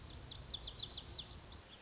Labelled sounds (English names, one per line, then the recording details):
Lazuli Bunting
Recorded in Sonoma County, California